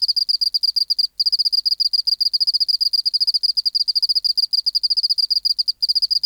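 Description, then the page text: Oceanic field cricket chirping in fast, high pulse trains with a few brief silent breaks, no other noise. Museum specimen recorded in the BMNH Acoustic Laboratory, 19 March 1984, 11:15 local time, at 24 °C and 30% humidity, still air, dim light. "Teleogryllus oceanicus. BioAcoustica. Natural History Museum Sound Archive. Recording Location: BMNH Acoustic Laboratory Recorded by: W. J. Reynolds Date Recorded: Mandag, marts 19, 1984 Local time: 1115"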